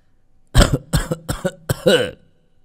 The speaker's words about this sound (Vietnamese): Ngay khi cụ Phong vừa dừng tay, miệng cũng thôi lẩm nhẩm, thì ông Dũng đang bất tỉnh nhân sự bỗng ho lên sù sụ.